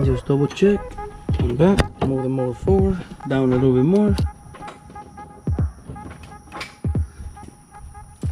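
Someone talks over music while handling the timing belt tensioner on an engine during a timing belt and water pump job; a screwdriver holds the tensioner in place. A few short knocks and taps come through between the words. Nothing has seated or clicked yet; the screwdriver has not been pulled.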